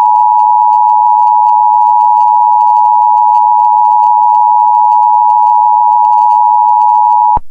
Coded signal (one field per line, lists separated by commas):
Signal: Emergency Alert System (SAME) tones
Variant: 853 and 960 Hz attention tone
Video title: EAS Bulletin: Extreme Fire Danger In Topeka, KS March 8, 2021